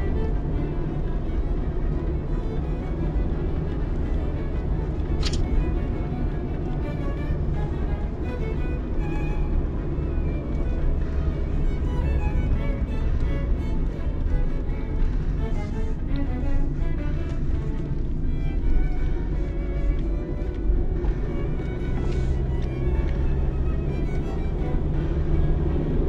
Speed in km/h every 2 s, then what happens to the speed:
58, 59, 61, 58, 56, 52, 47, 41, 26, 22, 36, 44, 58.
4-17 slows to 22. 18-24 speeds up to 58.